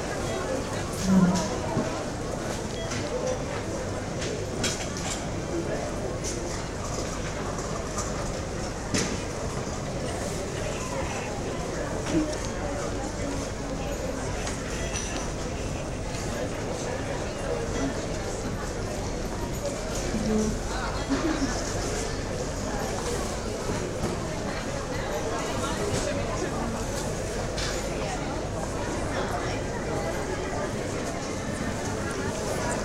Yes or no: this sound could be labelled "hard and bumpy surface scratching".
no